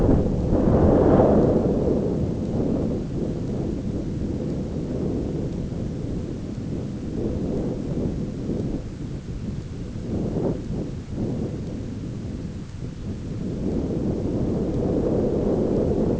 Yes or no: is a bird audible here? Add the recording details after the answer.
no. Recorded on Arctic tundra, site ZACK-1, on 9 June 2019. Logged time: 17:49